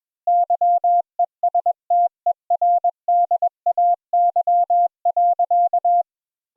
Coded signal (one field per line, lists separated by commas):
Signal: Morse code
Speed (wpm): 21 wpm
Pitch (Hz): 700 Hz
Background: none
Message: YESTERDAY.